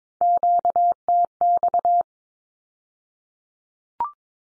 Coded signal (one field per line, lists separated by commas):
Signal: Morse code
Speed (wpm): 22 wpm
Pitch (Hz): 700 Hz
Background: none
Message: QTX